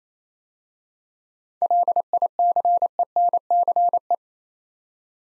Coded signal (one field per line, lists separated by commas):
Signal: Morse code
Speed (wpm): 27 wpm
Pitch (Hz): 700 Hz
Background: none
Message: LICENCE